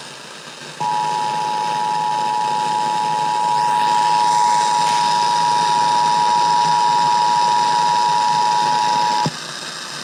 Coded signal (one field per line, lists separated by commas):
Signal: Emergency Alert System (SAME) tones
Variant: 853 and 960 Hz attention tone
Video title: IPAWS Weekly Test (4/12/21)(EAS 659) with EASyCAST and Sage Relay